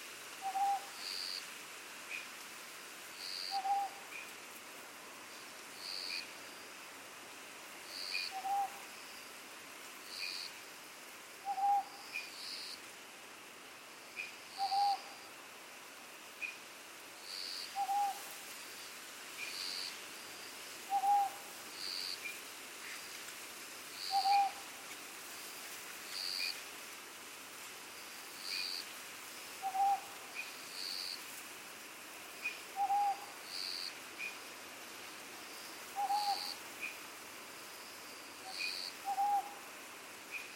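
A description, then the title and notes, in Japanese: An owl repeats a single short, clear hoot roughly every three seconds, with one longer pause midway. Behind it runs a constant, dense high hiss and faint chirring, likely night insects, steady throughout the recording. 梟 - Owl。Recorded in Iriomote Island Okinawa Japan。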